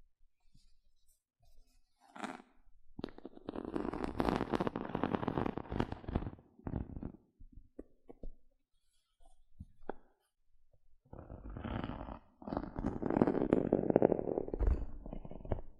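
Gentle scratching comes in crackly bursts with quiet pauses between, a dense stretch around four to seven seconds and another near the end.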